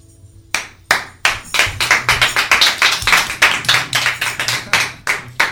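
Applause from neighbouring studios breaks out after a brief quiet moment: a brisk, steady run of loud, sharp hand claps that keeps going without any talking over it.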